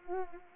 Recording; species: mosquito wingbeat signal from an infrared sensor; Anopheles arabiensis